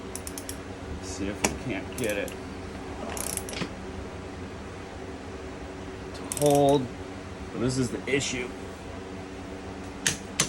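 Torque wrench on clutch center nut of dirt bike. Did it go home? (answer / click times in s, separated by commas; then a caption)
yes / 10.1 s, 10.4 s. A 3/8 in. click-type torque wrench tightens the clutch center nut on a Honda CRF450X dirt bike during a Rekluse Core EXP3.0 / CX clutch install, while the rear brake is held. Short mechanical clicks come in bursts near the start and around 3.2–3.5 s, and someone talks. The wrench clicks sharply at 10.1 s and 10.4 s, reaching its setting of 50.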